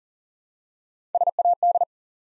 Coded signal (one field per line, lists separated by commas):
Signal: Morse code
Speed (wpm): 39 wpm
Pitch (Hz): 700 Hz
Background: none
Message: SAD